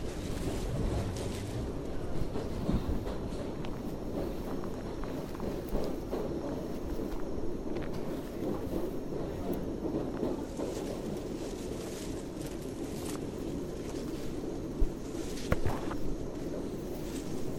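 A hike through the Tambopata rainforest in Peru, heard mostly as a steady, dense low rumble like wind pushing against the microphone. Brief crackles and clicks break through now and then, the sharpest near three and fifteen seconds, over a faint high hiss.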